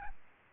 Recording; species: mosquito wingbeat signal from an infrared sensor; Aedes albopictus